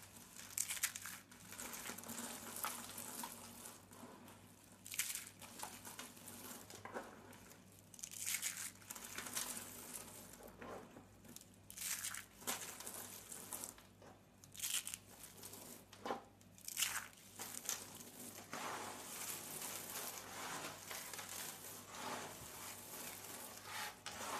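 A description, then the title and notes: Soap being crushed, a dense run of crackling, crumbly bursts with brief pauses, over a low steady hum. ASMR SOAP CRUSHING COMPILATION.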